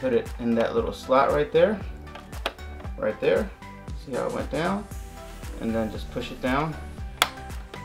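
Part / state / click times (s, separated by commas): bobbin cover door into sewing/embroidery machine bed / seated / 7.2 s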